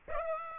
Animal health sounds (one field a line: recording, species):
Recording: mosquito wingbeat signal from an infrared sensor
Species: Aedes aegypti